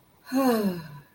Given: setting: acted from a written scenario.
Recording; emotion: vocal sound without words; contentment